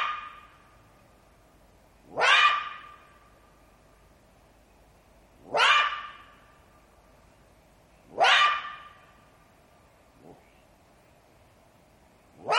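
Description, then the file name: Jackal repeating harsh, upward-sweeping cries that settle into a sustained tone, four loud calls with a brief faint yelp among them. "zvuki shakala"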